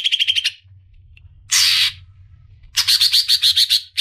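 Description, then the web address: Greater green leafbird song: short bursts of quick high chips separated by silence, including one harsh rasping note and a closing run of pulsed whistles. "suara burung cucak ijo"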